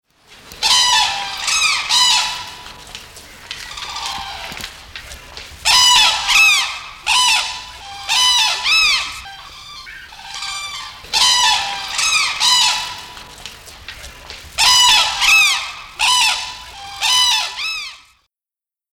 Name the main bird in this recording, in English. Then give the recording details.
Sarus Crane. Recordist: Tembrock, Günter. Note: Rufe